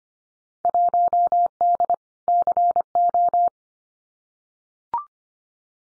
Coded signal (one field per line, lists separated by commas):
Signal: Morse code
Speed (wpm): 25 wpm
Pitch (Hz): 700 Hz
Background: none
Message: 1D CO